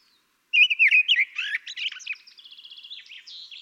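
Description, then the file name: Common blackbird song: a single long phrase of fluty warbled notes breaking into a rapid, squeaky trill of high repeated notes. "Turdus merula"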